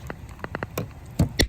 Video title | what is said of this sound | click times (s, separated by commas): Rokblokz Installation on Wrangler JK #wrangler | they kind of slide on and then click into place it's not too hard | 1.4 s